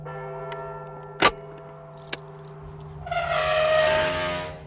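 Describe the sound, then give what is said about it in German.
A tower clock bell strikes midnight with a steady, lingering hum, punctuated by a couple of sharp clicks, before a brighter metallic rattling swells in toward the end. No one speaks. “Die Turmuhr schlug Mitternacht, ein Kreuzchen schrie, ein Schlüssel drehte sich in einem alten Schloss.”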